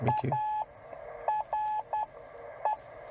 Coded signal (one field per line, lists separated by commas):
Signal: Morse code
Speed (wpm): 11 wpm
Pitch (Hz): 850 Hz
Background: none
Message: ARE